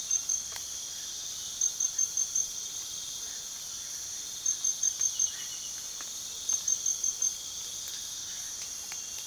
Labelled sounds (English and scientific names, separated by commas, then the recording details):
none
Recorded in pastures near Puerto Asís, Putumayo, Colombia, on 12 March 2025 at 01:30
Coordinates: 0.497, -76.327
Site G072